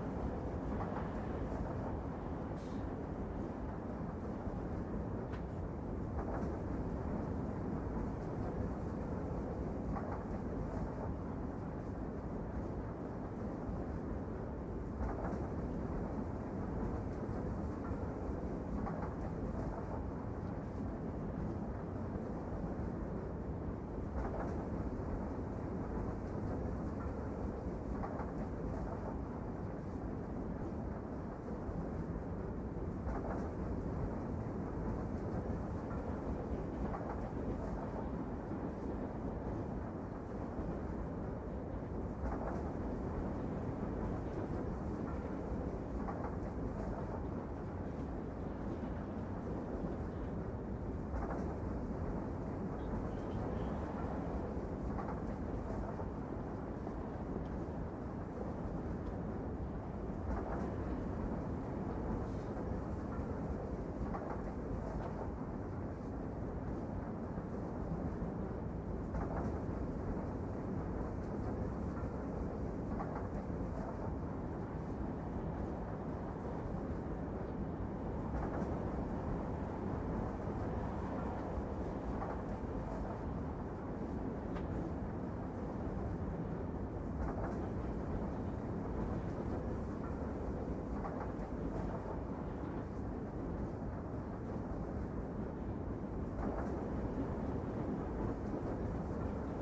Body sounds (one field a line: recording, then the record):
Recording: background sound without coughing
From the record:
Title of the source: Train Ride Ambience ambient white noise for sleeping, focus, studying, reading